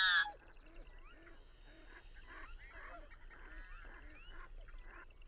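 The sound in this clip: Birds giving nasal honking calls in a busy chorus, notes overlapping and repeating after a sharp burst at the very start.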